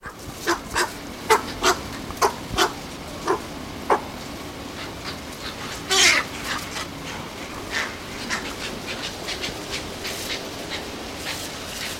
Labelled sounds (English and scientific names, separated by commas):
Great Egret (Ardea alba) call